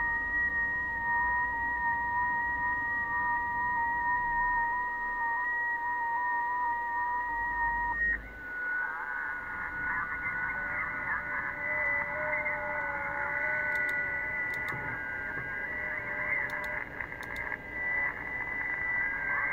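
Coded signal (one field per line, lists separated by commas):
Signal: FT8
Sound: two steady, faintly warbling tones, then a dense chorus of many overlapping soft tones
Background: radio static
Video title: TY2CD, Benin AFRICA , 7MHz, FT8, Worked by HL2WA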